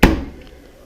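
A washing machine door, closed again firmly but gently after an alarm showed it had not shut properly, latches with a sharp, solid click at 0.0 s. The thud rings down over about half a second, with only a faint tick near 0.5 s. The latch is now shut.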